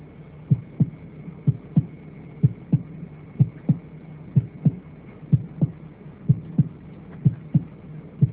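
Regular paired heart sounds, S1 and S2, at about 62 beats a minute in an adult, with a low rumbling murmur filling the gaps between beats. The pattern fits aortic stenosis, where blood is forced through a narrowed aortic valve.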